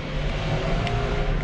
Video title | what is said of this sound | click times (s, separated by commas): BMW Motorcycle stuck ignition/starter/kill switch - and how to fix it | yep when we line everything back up there's a click | 0.9 s